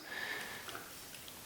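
A lamp fitting piece is handled and pushed toward the repurposed coffee grinder housing, with soft sniff-like breathy scraping and a few faint ticks. Nothing has seated or clicked yet.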